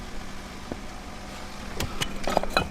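A part of a cold air intake and turbo elbow install on a Mk7 R is handled and pushed onto its fitting in the engine bay. A steady low hum plays under light knocks and clinks at about 2.0, 2.4 and 2.6 seconds. Nothing has seated or clicked yet.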